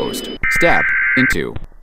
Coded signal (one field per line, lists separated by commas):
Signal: Emergency Alert System (SAME) tones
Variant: header bursts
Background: speech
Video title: The Waffle House Has Found A New Host EAS